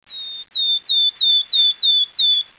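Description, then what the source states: Bird calling with a quick series of seven high, sharp notes, each dropping slightly in pitch, repeated about three times a second. Bird ambience.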